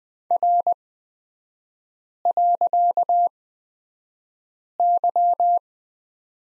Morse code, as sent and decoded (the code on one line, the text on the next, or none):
.-. .-.-.- -.--
R.Y